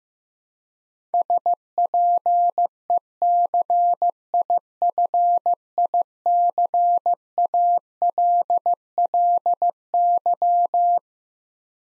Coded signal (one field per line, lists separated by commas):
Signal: Morse code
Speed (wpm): 15 wpm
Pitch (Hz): 700 Hz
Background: none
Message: SPECIFICALLY